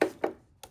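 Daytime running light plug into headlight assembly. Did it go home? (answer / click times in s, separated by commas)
yes / 0.0 s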